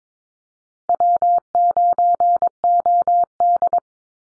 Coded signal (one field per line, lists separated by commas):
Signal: Morse code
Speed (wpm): 22 wpm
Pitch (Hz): 700 Hz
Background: none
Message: W9OD